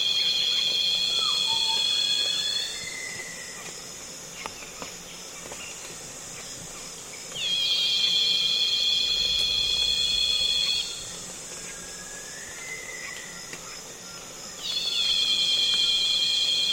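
Loud cicadas in the Congo basin rainforest drone in steady, shrill bursts of about three seconds, returning roughly every four to seven seconds. Between bursts the forest drops to a quieter hiss with faint whistling insect calls and occasional soft clicks.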